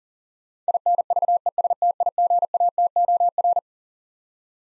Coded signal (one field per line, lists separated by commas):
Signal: Morse code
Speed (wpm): 40 wpm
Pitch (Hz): 700 Hz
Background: none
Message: INVESTIGATOR